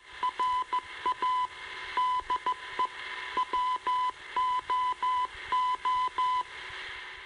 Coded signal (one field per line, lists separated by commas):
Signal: Morse code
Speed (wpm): 14 wpm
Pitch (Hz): 1000 Hz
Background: radio noise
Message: RA DE WOO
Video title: My Introduction to Shortwave Radio pgm. 2, 1968-70